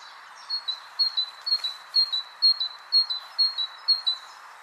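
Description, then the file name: Great tit singing a clear two-note phrase, high then slightly lower, repeated steadily about twice a second in a see-saw rhythm over a soft hiss. "Parus major"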